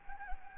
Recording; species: mosquito wingbeat signal from an infrared sensor; Anopheles gambiae